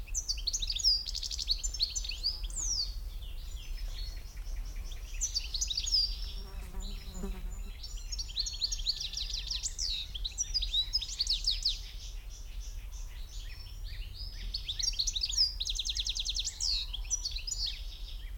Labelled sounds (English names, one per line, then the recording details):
European Goldfinch
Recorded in the wild
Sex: male
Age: adult
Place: Kremmen, Brandenburg, DE
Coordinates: 52.76, 13.03
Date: 1995-06-03 16:59
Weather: heiter, 18-20°C
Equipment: Marantz CP 430, Sennheiser ME 80, Kopie Uher 4000 Report Monitor
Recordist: Tembrock, Günter
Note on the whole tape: Am See: Gesang